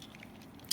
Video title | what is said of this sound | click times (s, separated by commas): Transformers Earthrise vs. Seige Megatron | um that is actually locked in place there oops | 0.7 s